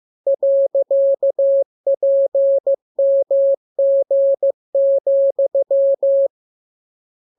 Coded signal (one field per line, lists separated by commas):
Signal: Morse code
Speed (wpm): 15 wpm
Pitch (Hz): 550 Hz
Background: none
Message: .PMG,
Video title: Learning Morse Code. Lesson 27. Letter KMURESNAPTLWI.JZ=FOY,VG5/Q92